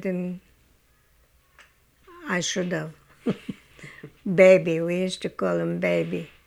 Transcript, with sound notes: I didn't, I should have. ( she laughs ) Baby. We used to call him baby.